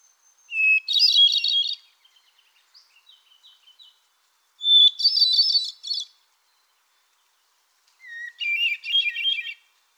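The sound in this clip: Solitaire singing three warbled phrases, each starting with a clear note. Soft faint notes trail between the first two phrases.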